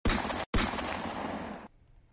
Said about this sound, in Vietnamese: Đám người kia nổ súng về phía Nhiếp Nhiên và Dương Thụ. Đoàng đoàng, đạn vang lên.